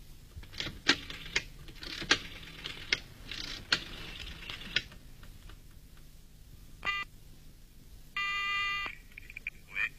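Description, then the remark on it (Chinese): A string of sharp mechanical clicks and rattles, then a short burst of buzzy electronic telephone tone lasting under a second, followed by a brief higher beep, as a telephone signals an incoming call from 803, with no voices. “嗯，是803来电话了。”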